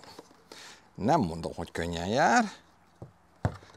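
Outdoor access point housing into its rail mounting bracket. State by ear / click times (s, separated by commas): seated / 3.5 s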